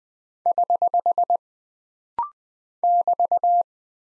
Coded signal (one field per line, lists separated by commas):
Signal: Morse code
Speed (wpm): 20 wpm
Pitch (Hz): 700 Hz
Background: none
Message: <HH> <BT>